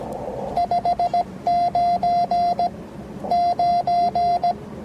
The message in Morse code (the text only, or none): 599